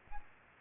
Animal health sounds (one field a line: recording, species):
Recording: mosquito wingbeat signal from an infrared sensor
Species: Aedes aegypti